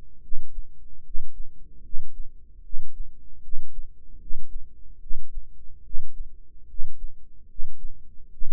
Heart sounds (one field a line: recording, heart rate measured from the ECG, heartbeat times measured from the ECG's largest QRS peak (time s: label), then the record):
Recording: heart sounds by microphone in the right ear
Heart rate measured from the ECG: 74 bpm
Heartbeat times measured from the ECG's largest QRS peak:
0.20 s: heartbeat
1.02 s: heartbeat
1.81 s: heartbeat
2.61 s: heartbeat
3.40 s: heartbeat
4.18 s: heartbeat
4.98 s: heartbeat
5.82 s: heartbeat
6.66 s: heartbeat
7.46 s: heartbeat
8.30 s: heartbeat
From the record:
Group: healthy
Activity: rest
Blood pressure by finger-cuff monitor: 115/63 mmHg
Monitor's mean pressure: 78 mmHg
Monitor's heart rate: 75 bpm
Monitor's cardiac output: 7.5 L/min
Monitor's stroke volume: 102 mL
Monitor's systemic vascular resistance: 750 dyn s/cm5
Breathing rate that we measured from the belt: 22 breaths a minute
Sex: male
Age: 35 years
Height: 180 cm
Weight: 86.9 kg